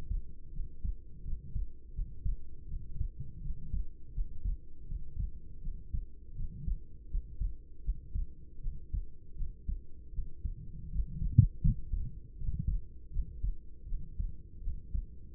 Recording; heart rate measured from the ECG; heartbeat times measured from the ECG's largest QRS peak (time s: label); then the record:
heart sounds by stethoscope; 81 bpm
0.51 s: heartbeat
1.22 s: heartbeat
1.93 s: heartbeat
2.67 s: heartbeat
3.40 s: heartbeat
4.12 s: heartbeat
4.86 s: heartbeat
5.60 s: heartbeat
6.34 s: heartbeat
7.09 s: heartbeat
7.82 s: heartbeat
8.60 s: heartbeat
9.35 s: heartbeat
10.12 s: heartbeat
10.90 s: heartbeat
11.61 s: heartbeat
12.37 s: heartbeat
13.10 s: heartbeat
13.86 s: heartbeat
14.61 s: heartbeat
From the record:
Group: healthy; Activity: rest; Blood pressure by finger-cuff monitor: 106/60 mmHg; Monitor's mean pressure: 75 mmHg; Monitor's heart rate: 81 bpm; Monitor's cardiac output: 7 L/min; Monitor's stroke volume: 86 mL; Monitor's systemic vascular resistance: 770 dyn s/cm5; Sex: female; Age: 26 years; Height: 165 cm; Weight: 55 kg